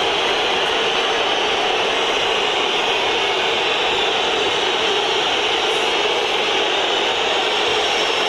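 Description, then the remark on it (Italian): A huge crowd at the Olimpico stadium whistles in disapproval, a dense, shrill wall of sound that holds steady and loud for the whole stretch, with no one speaking over it. “intanto i fischi per l'Olimpico li sentite.”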